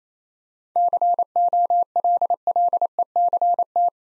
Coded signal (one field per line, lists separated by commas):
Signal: Morse code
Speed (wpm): 27 wpm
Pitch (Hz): 700 Hz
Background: none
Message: COLLECT